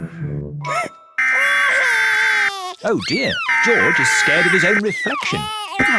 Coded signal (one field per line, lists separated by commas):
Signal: Emergency Alert System (SAME) tones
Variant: header bursts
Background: speech